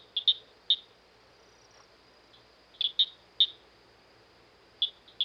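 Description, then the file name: Southern cricket frog giving hard, high-pitched clicks in pairs and short runs separated by quiet gaps, ending with two spaced clicks. "dan-gibsons-solitudes southern-cricket-frog"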